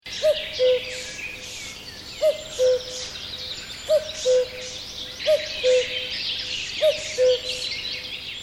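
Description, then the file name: Common cuckoo call: the familiar two-note cu-coo, the second note lower, repeated five times over a busy chorus of other birds. "Kuckuck"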